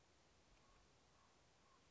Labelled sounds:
Common Raven (Corvus corax)
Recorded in Sonoma County, California

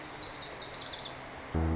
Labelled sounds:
Lazuli Bunting (Passerina amoena)
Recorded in Sonoma County, California

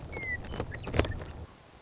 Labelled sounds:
Western Meadowlark (Sturnella neglecta)
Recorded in Sonoma County, California

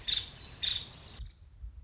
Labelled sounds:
Nuttall's Woodpecker (Dryobates nuttallii)
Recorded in Sonoma County, California

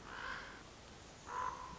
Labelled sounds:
Common Raven (Corvus corax)
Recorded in Sonoma County, California

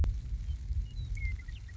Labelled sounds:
Western Meadowlark (Sturnella neglecta)
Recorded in Sonoma County, California

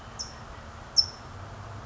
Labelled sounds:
California Towhee (Melozone crissalis)
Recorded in Sonoma County, California

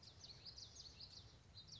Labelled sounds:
Common Yellowthroat (Geothlypis trichas)
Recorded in Sonoma County, California

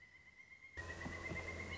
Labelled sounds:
Pileated Woodpecker (Dryocopus pileatus)
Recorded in Sonoma County, California

